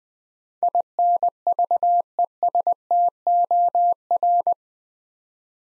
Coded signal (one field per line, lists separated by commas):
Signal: Morse code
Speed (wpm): 20 wpm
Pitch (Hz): 700 Hz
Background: none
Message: INVESTOR